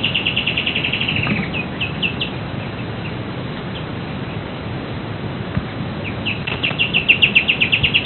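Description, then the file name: Bird trilling briefly at the start, a few scattered high notes, then another fast, high rattling trill near the end, over continuous background noise. "SABIOD 50 bird 2015"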